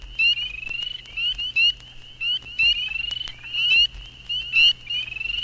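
Spring peepers in full chorus: clear, high peeps rising at the end, overlapping irregularly, some louder and some softer, over a faint hum.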